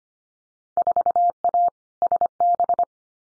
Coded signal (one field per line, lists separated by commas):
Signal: Morse code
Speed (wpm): 25 wpm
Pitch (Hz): 700 Hz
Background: none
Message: 4A SB